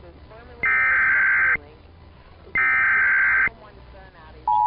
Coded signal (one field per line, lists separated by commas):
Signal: Emergency Alert System (SAME) tones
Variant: header bursts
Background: speech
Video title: RARE! EAS 23: CLARION County PA 911 Outage